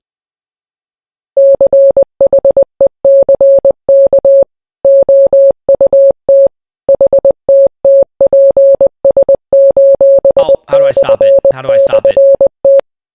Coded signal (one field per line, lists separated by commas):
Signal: Morse code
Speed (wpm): 20 wpm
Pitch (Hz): 550 Hz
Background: speech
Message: CHECK OUT HTTPS://T